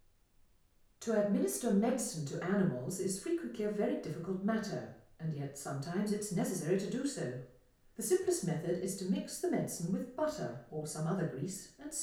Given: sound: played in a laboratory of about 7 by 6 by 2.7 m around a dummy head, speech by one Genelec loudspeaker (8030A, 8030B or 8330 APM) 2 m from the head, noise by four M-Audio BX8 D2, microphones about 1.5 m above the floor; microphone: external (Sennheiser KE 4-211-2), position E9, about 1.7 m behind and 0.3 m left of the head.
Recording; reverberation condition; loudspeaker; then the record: female speech in English; medium; 90 degrees to the left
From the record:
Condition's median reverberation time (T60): about 510 ms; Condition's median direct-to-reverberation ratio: about -0.5 dB